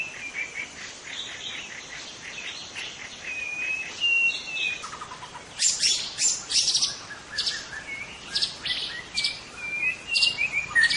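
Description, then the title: White-rumped shama song: varied phrases of clear whistles and rapid chattering notes, some sliding whistles near the middle, then bursts of harsh buzzy notes in the second half. Bird calling in forest. "Suara burung murai batu hutan"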